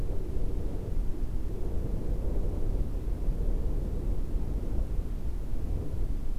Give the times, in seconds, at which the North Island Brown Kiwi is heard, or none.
none